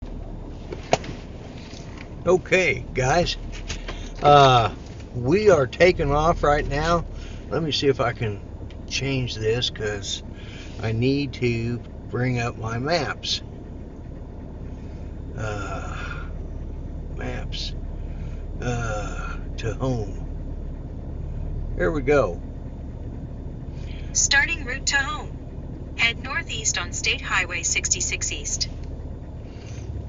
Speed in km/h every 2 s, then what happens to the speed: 0, 0, 0, 0, 0, 0, 0, 0, 0, 0, 0, 0, 0, 0, 0.
0-30 standing.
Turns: none.